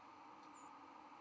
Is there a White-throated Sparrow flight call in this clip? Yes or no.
no